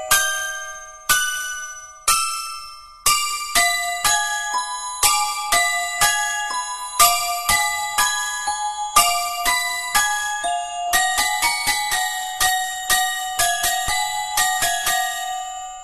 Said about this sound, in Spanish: lo sorprendente es que te suena esa música en el móvil y los que han visto la película se giran, sí, y claro, te miran.